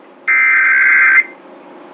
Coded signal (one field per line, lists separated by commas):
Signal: Emergency Alert System (SAME) tones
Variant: header bursts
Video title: Emergency Alert System (EAS) - National Periodic Test (NPT) . 9.28.2016